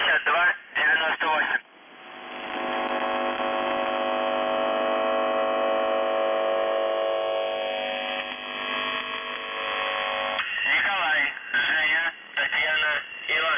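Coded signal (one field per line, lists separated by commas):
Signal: channel marker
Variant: UVB-76 (The Buzzer)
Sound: short radio voice bits, then a long harsh droning buzz, then voice again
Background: shortwave radio static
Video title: The Buzzer/UVB-76(4625Khz) May 24, 2021 Voice messages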